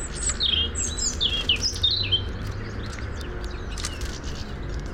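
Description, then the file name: European robin song: a clear run of thin, high, varied twittering notes that rise and fall in the first two seconds, then scattered faint notes over a low, steady background rumble. "Erithacus rubecula"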